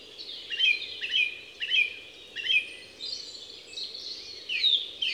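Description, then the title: Song thrush repeating a sharp, sweeping whistled phrase several times, then a scratchier varied flourish. Les Avenières Veyrins-Thuellin, Haut-Rhône, France, 2021–22; stereo parabolic microphone (EM172 capsule) with Zoom H4n Pro. "Envirhôna, Les Avenières Veyrins-Thuellin, France - Grive musicienne"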